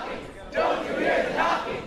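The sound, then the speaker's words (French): A crowd of Jewish school students from Queens protesting under the windows of a former guard of the Treblinka camp, many voices shouting together in a loud, sustained roar that swells up suddenly after a brief quieter moment and holds steady to the end. “Tous les ans, des étudiants d'école juive du Queens se réunissent sous les fenêtres de l'ancien garde du camp polonais de Treblinka et lui demandent s'il entend les coups frappés à sa porte.”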